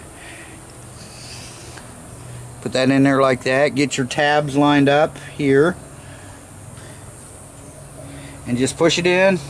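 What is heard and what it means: A rubber primer bulb for a Murray push mower is set into its plastic small-engine carburetor housing with its tabs lined up before being pushed in, while someone talks over a steady low background hum. Nothing has seated or clicked yet.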